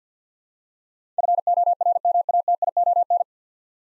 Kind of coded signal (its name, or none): Morse code